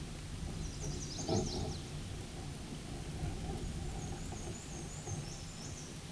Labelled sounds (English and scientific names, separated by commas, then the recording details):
Black-and-white Warbler (Mniotilta varia) song
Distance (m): 55 m
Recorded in a Pennsylvania forest on 18 May 2023 at 13:56
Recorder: AudioMoth, point grid1_10_low
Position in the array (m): 66 m, 101 m